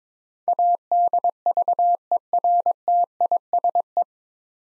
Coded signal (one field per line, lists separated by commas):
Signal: Morse code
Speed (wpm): 22 wpm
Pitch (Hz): 700 Hz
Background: none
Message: ADVERTISE